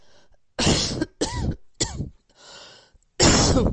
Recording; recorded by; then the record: voluntary cough; messaging app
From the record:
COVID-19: negative